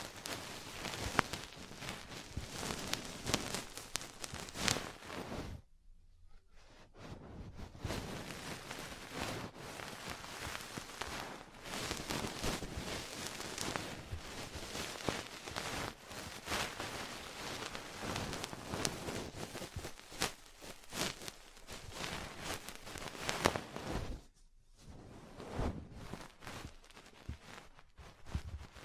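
Dense crackling and tapping from ear cleaning and massage fills the clip, a busy rustle like rain on a surface with frequent sharp clicks. It pauses briefly near six seconds and again around twenty-four seconds, then resumes at the same steady intensity.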